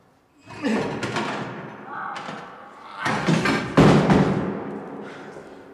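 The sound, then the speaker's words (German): Heavy, irregular thumps and rattling bangs on a door that won't open, with a burst of blows early on and a louder cluster of strikes later, amid a rough, scraping din. “Verdammt, ich krieg die Tür nicht auf.”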